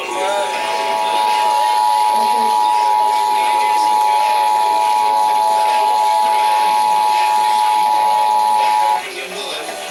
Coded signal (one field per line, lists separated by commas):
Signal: Emergency Alert System (SAME) tones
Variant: 853 and 960 Hz attention tone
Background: speech, music